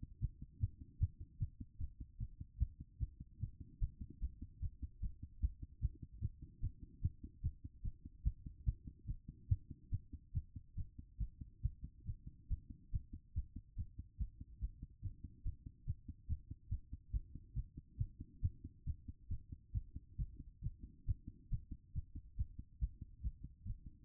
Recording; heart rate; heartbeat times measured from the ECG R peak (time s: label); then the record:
heart sounds by stethoscope; 143 bpm
0.19 s: heartbeat
0.59 s: heartbeat
0.98 s: heartbeat
1.38 s: heartbeat
1.78 s: heartbeat
2.18 s: heartbeat
2.58 s: heartbeat
2.98 s: heartbeat
3.39 s: heartbeat
3.79 s: heartbeat
4.20 s: heartbeat
4.60 s: heartbeat
5.00 s: heartbeat
5.40 s: heartbeat
5.80 s: heartbeat
6.20 s: heartbeat
6.60 s: heartbeat
7.01 s: heartbeat
7.41 s: heartbeat
7.82 s: heartbeat
8.23 s: heartbeat
8.64 s: heartbeat
9.05 s: heartbeat
9.47 s: heartbeat
9.90 s: heartbeat
10.32 s: heartbeat
10.75 s: heartbeat
11.18 s: heartbeat
11.61 s: heartbeat
12.04 s: heartbeat
12.48 s: heartbeat
12.91 s: heartbeat
13.33 s: heartbeat
13.76 s: heartbeat
14.18 s: heartbeat
14.59 s: heartbeat
15.01 s: heartbeat
15.43 s: heartbeat
15.85 s: heartbeat
16.27 s: heartbeat
16.69 s: heartbeat
17.11 s: heartbeat
17.53 s: heartbeat
17.97 s: heartbeat
18.41 s: heartbeat
18.84 s: heartbeat
19.28 s: heartbeat
19.72 s: heartbeat
20.16 s: heartbeat
20.61 s: heartbeat
21.05 s: heartbeat
21.49 s: heartbeat
21.93 s: heartbeat
22.36 s: heartbeat
22.79 s: heartbeat
23.22 s: heartbeat
23.64 s: heartbeat
From the record:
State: after exercise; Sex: female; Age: 39 years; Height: 175 cm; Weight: 68 kg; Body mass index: 22.20